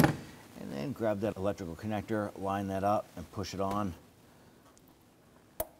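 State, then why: Seated. Someone talks while an electrical connector is lined up and pushed onto the ignition coil of a 2006–2014 Honda Ridgeline 3.5L V6 during a spark plug replacement. After the talking stops, a sharp snap at 5.6 s marks the connector locking into place on the coil.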